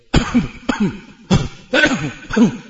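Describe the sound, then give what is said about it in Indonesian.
Five throat clearings in a row, as people do in a public bathroom while urinating, each a sharp raspy onset followed by a short voiced, gravelly hum, spaced about half a second apart at a steady, fairly loud level with no speech. “Sehingga kamu dapati di masjid, di kamar mandi umum atau orang awam, hadahumullah, kalau di kamar mandi kamu akan dengar mereka suka berdehem-dehem.”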